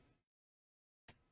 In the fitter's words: push it in you should hear it snap